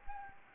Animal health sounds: mosquito wingbeat signal from an infrared sensor; Anopheles gambiae

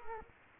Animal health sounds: mosquito wingbeat signal from an infrared sensor; Culex quinquefasciatus

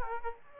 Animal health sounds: mosquito wingbeat signal from an infrared sensor; Aedes aegypti

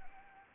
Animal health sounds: mosquito wingbeat signal from an infrared sensor; Anopheles arabiensis

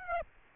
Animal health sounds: mosquito wingbeat signal from an infrared sensor; Aedes aegypti

